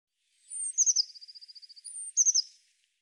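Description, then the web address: Eurasian blue tit song: a high thin note and three sharp notes lead into a rapid, even trill, then the opening phrase repeats. "cianscape birddata Deverinetal 2025 File cleaned normalized Bird Cy Ca"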